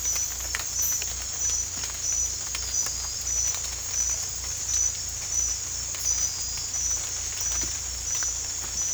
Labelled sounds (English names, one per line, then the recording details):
none
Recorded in dense forest near Puerto Asís, Putumayo, Colombia, on 18 December 2024 at 01:30
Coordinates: 0.486, -76.317
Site G003